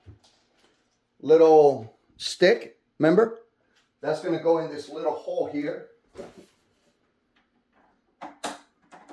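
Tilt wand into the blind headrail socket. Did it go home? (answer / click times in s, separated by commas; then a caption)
yes / 8.4 s. Someone talks while pushing the small plastic tilt wand into the little hole in the headrail of a cordless faux wood window blind. A sharp snap at 8.4 s marks the wand locking into the headrail socket, fully seated.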